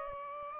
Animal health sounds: mosquito wingbeat signal from an infrared sensor; Aedes aegypti

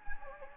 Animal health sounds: mosquito wingbeat signal from an infrared sensor; Anopheles gambiae

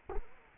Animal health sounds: mosquito wingbeat signal from an infrared sensor; Culex quinquefasciatus

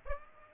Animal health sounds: mosquito wingbeat signal from an infrared sensor; Aedes aegypti

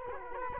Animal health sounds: mosquito wingbeat signal from an infrared sensor; Culex quinquefasciatus

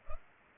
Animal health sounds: mosquito wingbeat signal from an infrared sensor; Culex pipiens

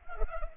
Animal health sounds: mosquito wingbeat signal from an infrared sensor; Culex pipiens

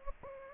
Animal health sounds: mosquito wingbeat signal from an infrared sensor; Anopheles gambiae

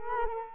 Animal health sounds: mosquito wingbeat signal from an infrared sensor; Culex quinquefasciatus

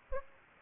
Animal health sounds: mosquito wingbeat signal from an infrared sensor; Anopheles gambiae

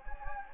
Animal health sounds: mosquito wingbeat signal from an infrared sensor; Anopheles gambiae

